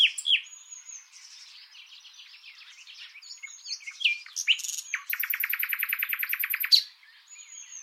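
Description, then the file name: Common nightingale singing varied scratchy phrases and short whistles that build into a long, loud, rapid series of repeated pulsed notes before ending abruptly. "Luscinia megarhynchos"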